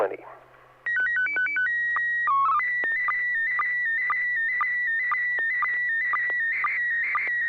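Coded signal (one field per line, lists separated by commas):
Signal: SSTV (slow-scan television)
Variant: PD 120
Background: speech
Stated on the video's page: SSTV net on an FM repeater at 441.30 MHz, using MMSSTV software.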